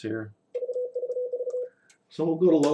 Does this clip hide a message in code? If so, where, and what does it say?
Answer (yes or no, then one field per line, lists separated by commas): no